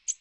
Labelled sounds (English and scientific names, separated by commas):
American Redstart (Setophaga ruticilla) flight call